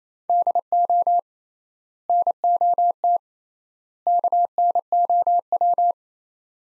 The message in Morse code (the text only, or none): DO NOT KNOW